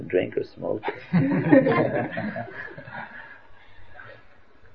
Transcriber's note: laughter